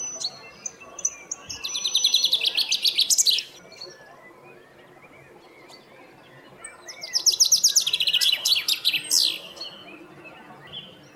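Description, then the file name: Common chaffinch song heard twice, each a lively two-to-three-second run of fast descending trilled notes closing with a flourish, separated by a few seconds of soft background chirps. "Fringilla coelebs"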